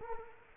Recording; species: mosquito wingbeat signal from an infrared sensor; Culex quinquefasciatus